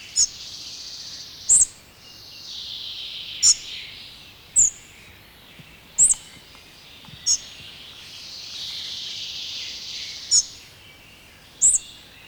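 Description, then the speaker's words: Spotted Flycatcher giving sharp, very high chirps, roughly eight in twelve seconds at uneven intervals, with a hissing background rising and falling. Field recording from Finland, where it is the fifth most common bird; described as a soft-voiced chirper. "Viidenneksi yleisin lintumme on hentoääninen sirahtelija, harmaa sieppo."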